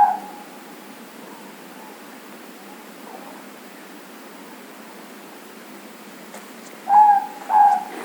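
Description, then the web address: Morepork giving a clear two-note hoot near the end, with a faint partial call at the start over quiet hiss. "owls morepork"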